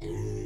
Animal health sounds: pig call; weaner (32 to 43 days)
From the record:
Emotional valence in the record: positive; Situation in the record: positive conditioning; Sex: female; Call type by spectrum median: low-frequency call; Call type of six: low-frequency stable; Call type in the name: low-frequency stable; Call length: 0.46 s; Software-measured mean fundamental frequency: 50 Hz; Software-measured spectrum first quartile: 90 Hz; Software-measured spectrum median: 236 Hz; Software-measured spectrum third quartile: 453 Hz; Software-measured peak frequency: 347 Hz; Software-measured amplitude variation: 77 dB a second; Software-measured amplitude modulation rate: 38.0 a second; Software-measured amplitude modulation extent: 2.0 dB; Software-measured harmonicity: -0.6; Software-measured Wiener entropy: -0.31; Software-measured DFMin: 804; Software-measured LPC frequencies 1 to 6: 366, 2029, 2865, 3490, 4377, 5840 Hz

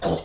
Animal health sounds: pig call; piglet (1 to 25 days)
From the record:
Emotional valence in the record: negative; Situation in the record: restrain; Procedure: in the arms of a person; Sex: male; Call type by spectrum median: low-frequency call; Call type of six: low-frequency tonal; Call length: 0.25 s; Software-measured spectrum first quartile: 400 Hz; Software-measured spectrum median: 713 Hz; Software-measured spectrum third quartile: 2695 Hz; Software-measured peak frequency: 675 Hz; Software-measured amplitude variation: 143 dB a second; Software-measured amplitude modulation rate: 13.9 a second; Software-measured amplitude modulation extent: 10.3 dB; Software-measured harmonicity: 0.7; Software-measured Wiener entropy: -2.65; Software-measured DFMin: 1018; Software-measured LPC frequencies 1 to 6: 586, 1592, 3068, 3603, 4027, 5398 Hz

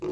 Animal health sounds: pig call; weaner (32 to 43 days)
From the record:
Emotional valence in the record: negative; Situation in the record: short isolation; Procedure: open field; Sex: female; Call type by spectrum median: low-frequency call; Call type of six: low-frequency stable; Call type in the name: low-frequency stable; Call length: 0.12 s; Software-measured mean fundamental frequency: 51 Hz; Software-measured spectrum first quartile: 328 Hz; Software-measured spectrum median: 377 Hz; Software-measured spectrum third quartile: 517 Hz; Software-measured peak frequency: 352 Hz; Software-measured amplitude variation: 72 dB a second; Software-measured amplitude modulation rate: 17.2 a second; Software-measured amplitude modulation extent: 4.2 dB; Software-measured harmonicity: 7.8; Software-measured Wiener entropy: -0.65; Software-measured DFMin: 556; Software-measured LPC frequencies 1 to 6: 376, 1089, 2276, 2630, 3757, 4660 Hz

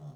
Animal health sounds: pig call; piglet (1 to 25 days)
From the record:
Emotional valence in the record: negative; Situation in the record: long isolation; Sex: male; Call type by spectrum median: low-frequency call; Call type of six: low-frequency stable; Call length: 0.15 s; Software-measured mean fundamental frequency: 73 Hz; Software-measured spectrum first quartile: 145 Hz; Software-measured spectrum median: 181 Hz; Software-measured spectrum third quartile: 418 Hz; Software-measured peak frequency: 141 Hz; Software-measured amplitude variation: 97 dB a second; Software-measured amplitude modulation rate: 6.5 a second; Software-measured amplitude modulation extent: 15.0 dB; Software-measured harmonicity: 2.5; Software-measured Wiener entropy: 0.14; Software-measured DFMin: 1064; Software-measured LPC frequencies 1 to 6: 595, 3396, 4055, 5494, 6430, 7881 Hz

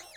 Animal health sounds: pig call; piglet (1 to 25 days)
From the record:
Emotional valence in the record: negative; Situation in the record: long isolation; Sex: female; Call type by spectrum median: high-frequency call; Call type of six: high-frequency stable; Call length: 0.17 s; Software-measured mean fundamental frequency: 341 Hz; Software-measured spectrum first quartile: 1458 Hz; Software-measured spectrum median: 3757 Hz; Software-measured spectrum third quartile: 6516 Hz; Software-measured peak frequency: 635 Hz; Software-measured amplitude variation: 51 dB a second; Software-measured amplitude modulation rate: 27.2 a second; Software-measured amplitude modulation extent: 1.9 dB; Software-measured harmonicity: 3.1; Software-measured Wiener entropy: -1.73

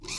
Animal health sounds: pig call; weaner (32 to 43 days)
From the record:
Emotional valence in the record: negative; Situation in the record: short isolation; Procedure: open field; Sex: female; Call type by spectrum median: high-frequency call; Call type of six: high-frequency stable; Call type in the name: high-frequency stable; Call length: 0.19 s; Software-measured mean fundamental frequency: 336 Hz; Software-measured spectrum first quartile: 1643 Hz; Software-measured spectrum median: 3998 Hz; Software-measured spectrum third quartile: 5933 Hz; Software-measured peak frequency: 2469 Hz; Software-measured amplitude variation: 117 dB a second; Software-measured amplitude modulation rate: 18.6 a second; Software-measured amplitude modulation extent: 6.3 dB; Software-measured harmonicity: 0.2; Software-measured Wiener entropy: -2.10

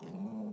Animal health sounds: pig call; piglet (1 to 25 days)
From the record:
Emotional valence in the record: negative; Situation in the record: short isolation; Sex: male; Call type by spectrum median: low-frequency call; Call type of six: low-frequency stable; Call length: 0.53 s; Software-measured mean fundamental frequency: 99 Hz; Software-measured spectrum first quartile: 203 Hz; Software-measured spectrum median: 255 Hz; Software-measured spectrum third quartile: 593 Hz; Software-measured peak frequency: 204 Hz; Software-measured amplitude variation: 101 dB a second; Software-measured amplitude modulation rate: 21.6 a second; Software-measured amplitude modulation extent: 4.7 dB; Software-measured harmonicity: 9.1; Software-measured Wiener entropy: -0.38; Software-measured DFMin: 1076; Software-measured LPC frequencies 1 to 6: 2179, 2800, 3791, 4728, 5640, 6480 Hz

